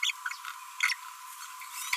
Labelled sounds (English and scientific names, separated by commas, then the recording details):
Green-rumped Parrotlet (Forpus passerinus) babbling
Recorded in a nest box in Venezuela
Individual 18B25A5